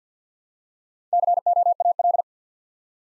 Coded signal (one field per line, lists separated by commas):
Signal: Morse code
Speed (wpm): 50 wpm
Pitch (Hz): 700 Hz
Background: none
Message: COAL